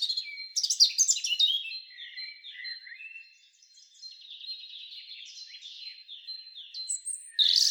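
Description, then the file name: European robin song: a burst of very high twittering, then softer descending slurred notes and warbles, ending with a sudden loud high phrase. "Erithacus rubecula"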